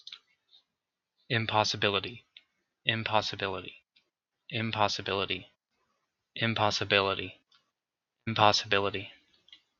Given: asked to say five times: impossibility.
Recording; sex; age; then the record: repeated word; male; 20 to 29 years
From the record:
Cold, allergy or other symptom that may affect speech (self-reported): no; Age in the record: 24 years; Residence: West Virginia, United States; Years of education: 16